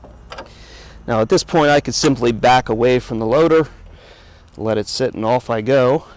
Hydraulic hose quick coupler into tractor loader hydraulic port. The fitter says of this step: all I do is pull that collar back and give it a little push, and it pops right into place.